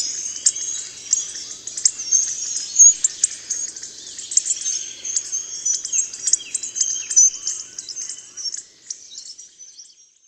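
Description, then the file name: Hawfinch calls: a dense, continuous stream of high, thin ticking and piping notes that overlap almost without pause, then fade toward the end. "Grubodziób"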